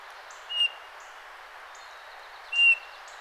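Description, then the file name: Eurasian bullfinch giving two soft, flat, piping whistle notes two seconds apart against constant background hiss and faint thin high notes. "Pyrrhula pyrrhula"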